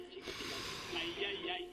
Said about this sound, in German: Atmen Sie mal tief ein.